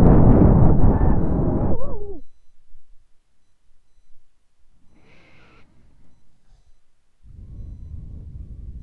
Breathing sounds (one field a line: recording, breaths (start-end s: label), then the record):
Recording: nose breathing near a microphone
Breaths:
0.00-3.04 s: exhalation
4.69-7.29 s: inhalation
7.29-8.83 s: exhalation
From the record:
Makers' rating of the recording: medium